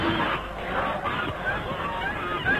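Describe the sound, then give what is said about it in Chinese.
A flock of white geese honks and cackles all at once in a dense, steady clamor as a cyclist crashes into them, with overlapping nasal calls at a loud, constant level for a couple of seconds. “终于冲进鹅群，”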